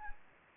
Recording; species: mosquito wingbeat signal from an infrared sensor; Anopheles gambiae